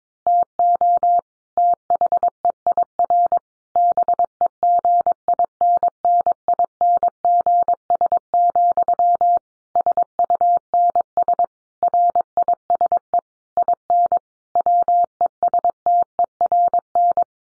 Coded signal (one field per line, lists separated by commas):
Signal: Morse code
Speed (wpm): 22 wpm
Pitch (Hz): 700 Hz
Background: none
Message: TO THEIR BEGINNINGS, SUNS RISE IN WESTERN